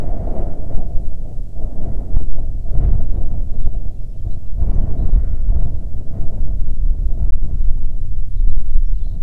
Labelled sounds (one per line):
songbird
wind